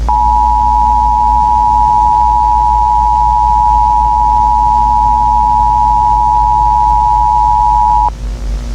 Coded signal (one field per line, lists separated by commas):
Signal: Emergency Alert System (SAME) tones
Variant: 853 and 960 Hz attention tone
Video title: EAS Scenario Cartooned to life p1 [unfinished]